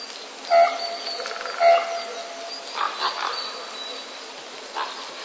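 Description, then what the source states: Common raven making two short tonal, hollow notes about a second apart, followed by a few rougher, broader croaks, with faint background hiss throughout. Courtship calling during the breeding season.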